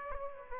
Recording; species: mosquito wingbeat signal from an infrared sensor; Aedes aegypti